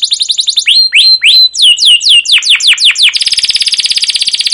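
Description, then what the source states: Canary song of quick swooping chirps, some rising and many sliding down in pitch, running straight into a very fast, even buzzing trill. Long rolling chirping song ('cuit cuit ngerol', 'gacor panjang') of a canary, used as a lure and training recording for other canaries.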